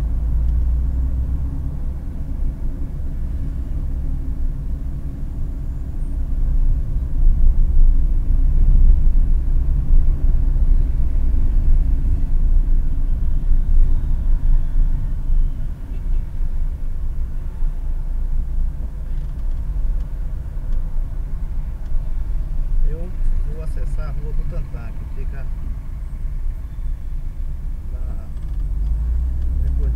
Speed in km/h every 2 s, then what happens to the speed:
29, 32, 30, 29, 30, 27, 22, 18, 14, 14, 14, 14, 11, 11, 18.
0-9 steady at about 30. 9-15 slows to 14. 15-24 steady at about 14. 24-30 speeds up to 18.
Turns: none.